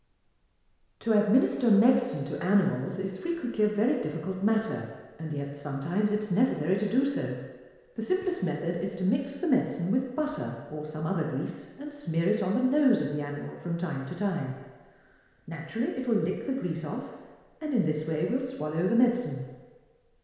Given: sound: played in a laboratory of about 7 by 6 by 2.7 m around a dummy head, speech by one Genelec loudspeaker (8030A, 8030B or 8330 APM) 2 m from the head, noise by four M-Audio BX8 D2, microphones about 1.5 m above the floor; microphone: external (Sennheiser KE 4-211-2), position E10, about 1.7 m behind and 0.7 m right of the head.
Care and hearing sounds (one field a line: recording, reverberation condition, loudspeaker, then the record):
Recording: female speech in English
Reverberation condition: high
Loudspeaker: behind (180 degrees)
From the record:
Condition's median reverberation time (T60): about 1300 ms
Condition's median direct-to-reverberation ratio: about -4.0 dB